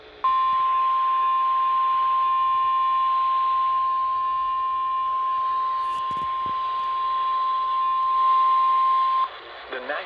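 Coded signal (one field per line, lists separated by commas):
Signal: Emergency Alert System (SAME) tones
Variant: 1050 Hz attention tone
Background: speech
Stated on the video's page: Real severe weather alerts from several stations.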